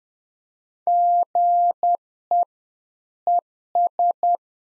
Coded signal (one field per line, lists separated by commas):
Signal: Morse code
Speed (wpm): 10 wpm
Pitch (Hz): 700 Hz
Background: none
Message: GE ES